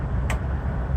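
An electrical plug is pushed by hand into its socket on a truck and snaps into place with one sharp click at 0.3 s over a steady low rumble. The connector is seated.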